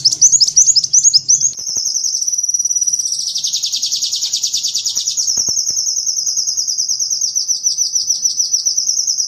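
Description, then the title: Van Hasselt's sunbird song: a run of sharp chips opens into a long, continuous high trill that pulses quickly. Kolibri ninja song used as masteran (tutor) fill-in material for training songbirds. "MASTERAN BURUNG. Isian Kolibri ninja (konin)"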